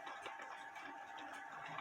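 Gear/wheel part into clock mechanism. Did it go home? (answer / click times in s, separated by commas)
no / none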